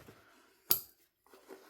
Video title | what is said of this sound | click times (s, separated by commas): Gerber SlimSada #gerberknives #gerberslimsada #knifereview #knifedisassembly | Hear the click coming out of there. | 0.7 s